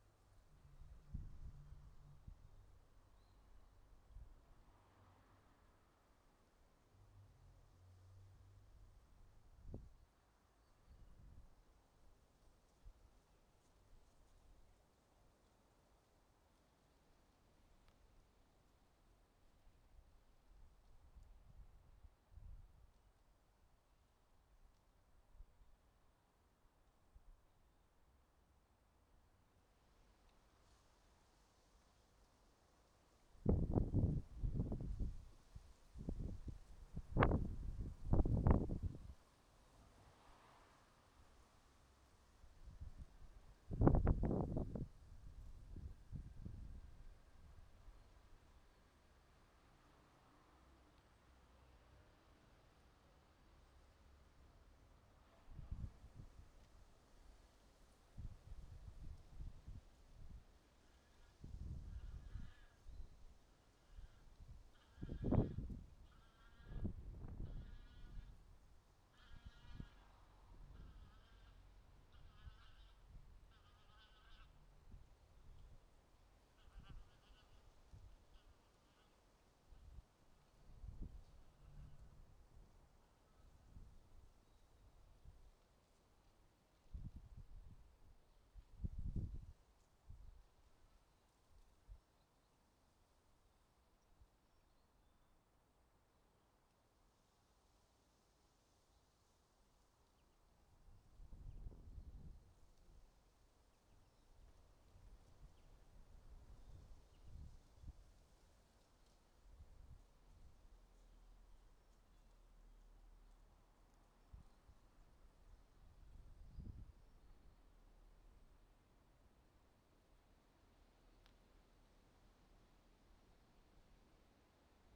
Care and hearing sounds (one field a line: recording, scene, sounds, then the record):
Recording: everyday scene through a hearing-aid microphone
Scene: wind on the microphone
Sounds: wind, traffic, goose, birds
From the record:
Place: suburban garden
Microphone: in the ear canal, right